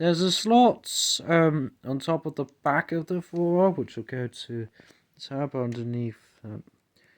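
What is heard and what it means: Someone talks while handling a plastic tab on a transforming action figure's torso part, lining it up with a slot on top of the back. The tab has not snapped into the slot yet, and nothing has seated or clicked by the end.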